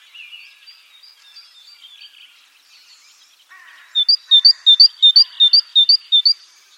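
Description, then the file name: Great tit song: faint, scratchy notes at first, then a clear, ringing two-note phrase repeated about three times a second for some two seconds. "Parus major"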